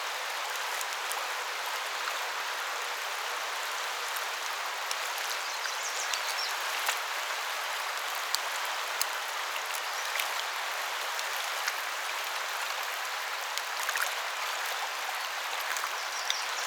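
A stream runs steadily, a dense, even rush of water with almost no low rumble. Small sharp ticks and splashes scatter throughout, and a few faint, brief chirps poke through the water's hiss now and then.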